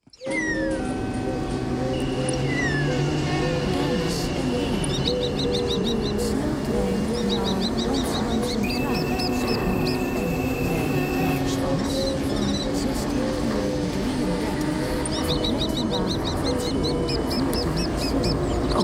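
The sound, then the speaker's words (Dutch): A dense chorus of birds chirps and calls nonstop at a train station, with repeated high, rapid trills and squawks layered over a steady, loud background hum, and a woman's voice announcing where the next train departs from. “Nou, ik hoor vogels.”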